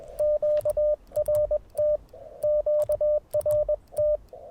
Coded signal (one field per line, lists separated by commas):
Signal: Morse code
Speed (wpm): 21 wpm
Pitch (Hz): 590 Hz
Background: radio noise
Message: QRT QRT